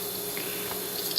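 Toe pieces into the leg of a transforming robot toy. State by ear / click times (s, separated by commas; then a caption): seated / 1.2 s. The plastic toes at the front of a Generations Autobot Scoop transforming robot toy's legs are unfolded over a steady, quiet hiss and low hum. A faint click sounds at 1.2 s as the toes lock softly into place, seated but not firmly.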